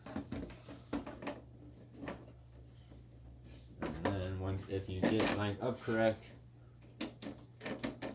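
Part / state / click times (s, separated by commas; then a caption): front grill into air purifier housing / seated / 7.0 s, 7.2 s. The front grill of a Honeywell air purifier has its bottom nubs set into the purifier housing and is then pushed in until it snaps into place. Someone talks over light handling noise and a steady low hum, and then two sharp clicks come at 7.0 s and 7.2 s. The grill is seated.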